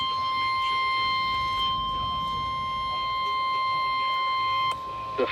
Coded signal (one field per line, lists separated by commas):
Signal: Emergency Alert System (SAME) tones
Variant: 1050 Hz attention tone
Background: speech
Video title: EAS Special Marine Warning on NOAA Radio (8/11/2025) EAS #539